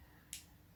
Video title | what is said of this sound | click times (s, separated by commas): Gear indicator installation Cbr1000rr Fireblade 2005 | we go and you hear it click is it of push them in I'm | 0.3 s